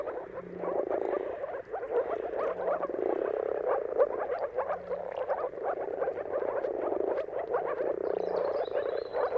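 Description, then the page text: Moor frogs in a dense chorus of soft bubbling, gurgling calls overlapping continuously, with a faint low hum and a brief high bird whistle near the end. Chorus of many moor frogs giving mating calls at sunrise, at the turn of March and April, timing depending on the weather; recorded by Jakub Orzecki. "Jakub-Orzecki moor frogs. Dawn’s Chorus: Mating Calls of Marsh Frogs at Sunrise. Depending on the weather at the turn of March and April, you can witness an amazing spectacle of moor frogs"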